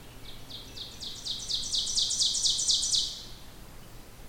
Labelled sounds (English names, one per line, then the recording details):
Ovenbird song
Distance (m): 30 m
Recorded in boreal forest in Alberta, Canada, on 16 June 2016 at 06:39
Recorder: SongMeter 3, array SBT-3-32
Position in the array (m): 152 m, 33 m
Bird 36